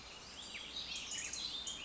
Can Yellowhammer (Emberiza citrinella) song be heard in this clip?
no